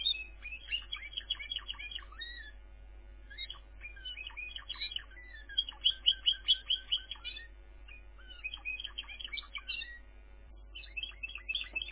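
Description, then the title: Canary song, bursts of rapid trills and chirped phrases separated by short quieter gaps, over a low electrical hum. "kenarijos"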